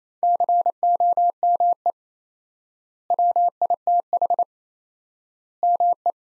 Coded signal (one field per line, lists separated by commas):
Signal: Morse code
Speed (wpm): 28 wpm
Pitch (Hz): 700 Hz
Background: none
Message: COME WITH ME